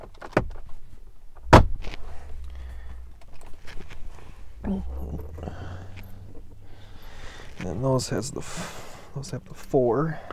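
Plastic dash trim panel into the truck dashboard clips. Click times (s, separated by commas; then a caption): 1.5 s. A plastic dash trim panel is pressed back into its clips on the dashboard of a 2019–2021 Silverado/Sierra truck during a High Country Denali cluster upgrade. After a few small clicks, a sharp, loud snap at 1.5 s shows the trim seating in place. Someone talks throughout.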